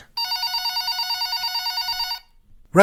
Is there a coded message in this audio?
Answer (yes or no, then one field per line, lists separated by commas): no